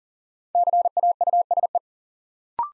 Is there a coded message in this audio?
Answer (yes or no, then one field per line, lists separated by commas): yes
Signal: Morse code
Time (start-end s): 0.6-1.8 s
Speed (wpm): 40 wpm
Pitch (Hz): 700 Hz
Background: none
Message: CAUSE